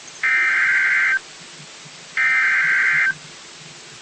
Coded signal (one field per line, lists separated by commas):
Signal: Emergency Alert System (SAME) tones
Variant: header bursts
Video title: BY THE POWER OF DXING! | EAS Alerts from May 29, 2020 (EAS #361-376)